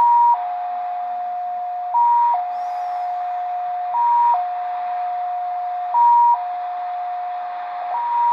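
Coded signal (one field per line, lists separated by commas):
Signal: multi-tone FSK (Olivia or MFSK type)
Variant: XPA2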